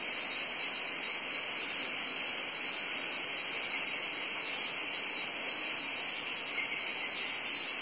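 Cicada: steady high drone, even and unvarying from start to finish.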